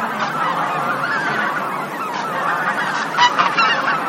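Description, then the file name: Bean goose: bean geese calling as a crowded flock, steady overlapping nasal honks with several sharper, higher calls near the end. "hisikui"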